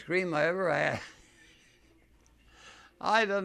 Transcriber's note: he laughs